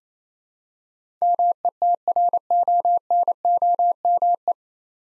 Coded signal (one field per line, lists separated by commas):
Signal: Morse code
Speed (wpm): 27 wpm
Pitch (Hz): 700 Hz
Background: none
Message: METRONOME